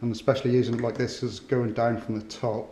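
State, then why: Not seated. A plastic quick-release action camera mount, broken on one side, is handled as it is pushed toward its adhesive base on a helmet while someone talks. Nothing has seated or clicked yet.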